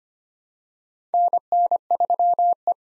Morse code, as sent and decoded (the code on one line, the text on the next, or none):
-. -. ...-- .
NN3E